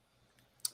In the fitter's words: yeah snaps back in